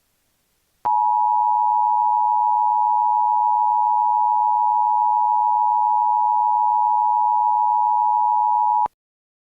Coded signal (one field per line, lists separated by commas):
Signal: Emergency Alert System (SAME) tones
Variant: 853 and 960 Hz attention tone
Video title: EAS Scenario: Gabriel.EXE's Rampage/REMASTERED